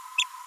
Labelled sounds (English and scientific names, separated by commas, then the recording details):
Green-rumped Parrotlet (Forpus passerinus) babbling
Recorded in a nest box in Venezuela
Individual 18B25A4